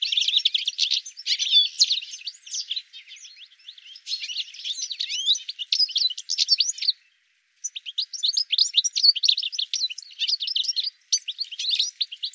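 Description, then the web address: Bird chirping, fast high twitters in long busy bursts, broken by a brief silence about halfway through before the chattering resumes. "cianscape birddata"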